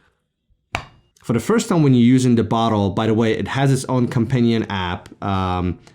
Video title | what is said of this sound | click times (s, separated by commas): HOW TO LOSE WEIGHT FAST - TECHS & TOOLS (Smart Bottle & Smart Scale) | it gets a little bit tight and you hear a click | 0.8 s